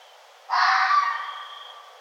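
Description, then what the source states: Red fox uttering a single loud, hoarse bark that trails off over about a second, with a thin high tone faintly present. Recorded 1 November 2011.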